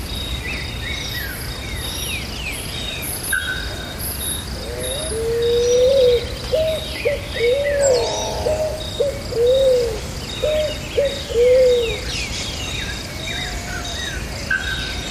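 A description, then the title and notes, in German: Morning rainforest chorus with many birds calling over a steady hiss of insects. From about five to twelve seconds a low, repeated whistling call sounds in a rhythmic series, while high chirps and thin trills come from farther away throughout. Sanfte Dschungelgeräusche zum Einschlafen - Ein brasilianischer Dschungel an einem Wintermorgen. Naturgeräusche aus dem Regenwald.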